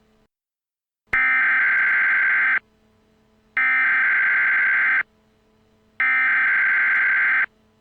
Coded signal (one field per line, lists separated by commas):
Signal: Emergency Alert System (SAME) tones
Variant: header bursts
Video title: EAS| Pinakmena Cupcake